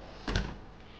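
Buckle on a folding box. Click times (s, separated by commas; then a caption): 0.3 s, 0.4 s. A buckle under a Naturehike LingYue folding storage box (NH21SNX02, with the NH20SJ036 wooden bracket) is pushed down to lock the box. Two quick, small clicks sound at 0.3 s and 0.4 s, and the buckle locks the box.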